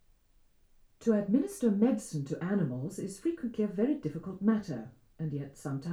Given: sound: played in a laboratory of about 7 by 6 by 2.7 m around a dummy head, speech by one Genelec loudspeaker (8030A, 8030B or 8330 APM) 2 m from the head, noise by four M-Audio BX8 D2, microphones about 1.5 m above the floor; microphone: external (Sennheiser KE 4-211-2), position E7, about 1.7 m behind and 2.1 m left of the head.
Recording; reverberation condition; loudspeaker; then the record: female speech in English; low; 120 degrees to the left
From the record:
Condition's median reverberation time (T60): about 310 ms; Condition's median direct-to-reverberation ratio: about 3.5 dB